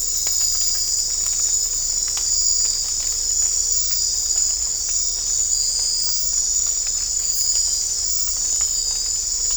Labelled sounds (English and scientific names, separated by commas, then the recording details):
none
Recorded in dense forest near Puerto Asís, Putumayo, Colombia, on 22 December 2024 at 20:00
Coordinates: 0.500, -76.322
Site G053